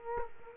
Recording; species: mosquito wingbeat signal from an infrared sensor; Culex quinquefasciatus